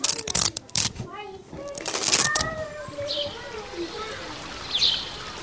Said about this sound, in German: Mit erstaunlich kräftigen Händen und einem seligen Lächeln drückt das Mädchen immer wieder die beiden Klettbänder zusammen, um sie mit Schwung auseinanderreißen zu können.